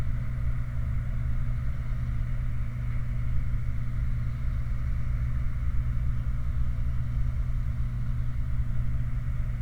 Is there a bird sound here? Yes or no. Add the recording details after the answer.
no. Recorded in the Prudhoe Bay oil fields, Alaska, on 29 July 2019 at 04:19. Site 29